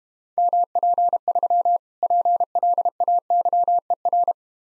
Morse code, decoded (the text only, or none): MP3 PLAYER